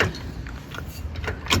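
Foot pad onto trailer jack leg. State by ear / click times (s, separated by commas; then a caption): not seated / none. A metal foot pad is worked onto the leg of an electric trailer jack, producing scraping, rattling handling noises over a low rumble, with a sharper metallic knock at about 1.5 s. The pad is still being handled and nothing has seated or clicked into place yet.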